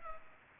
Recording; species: mosquito wingbeat signal from an infrared sensor; Culex pipiens